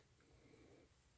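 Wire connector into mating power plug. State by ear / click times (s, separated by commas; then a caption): not seated / none. A crimped power lead connector is handled and brought toward its mating plug, where it will carry 12 V. Only a low, steady rumble of handling noise is heard, with no sharp transients and no talking. Nothing has seated or clicked yet; the connector is not yet home when the clip ends.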